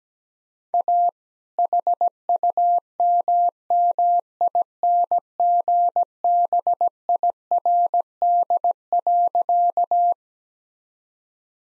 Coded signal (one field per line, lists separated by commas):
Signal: Morse code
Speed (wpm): 17 wpm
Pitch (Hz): 700 Hz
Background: none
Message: A HUMMINGBIRD.